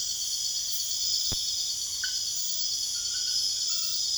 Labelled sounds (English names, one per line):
none